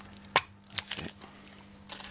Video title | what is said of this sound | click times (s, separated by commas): moteur mini , motors , refaire , rebuild | so that's now clicked down | 0.4 s